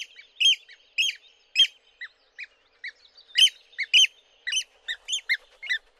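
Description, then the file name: Eurasian oystercatcher calls: loud, sharp piping 'kleep' notes in irregular series, mixed with softer notes. "scholekster"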